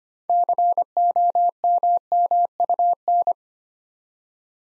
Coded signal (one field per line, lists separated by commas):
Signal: Morse code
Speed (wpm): 26 wpm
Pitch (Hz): 700 Hz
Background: none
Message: COMMUN